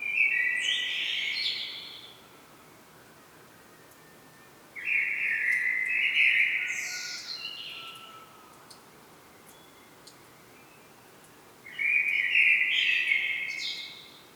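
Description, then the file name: Common blackbird song, three separate fluty phrases with pauses between, each closing with a higher strained twitter. "Turdus merula"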